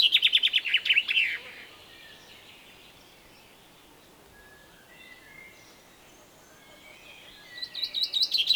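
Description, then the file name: Common chaffinch song fragments: the tail of a fast descending trill at the start, a long quiet gap, then the opening notes of another rattling phrase. "Fringilla coelebs"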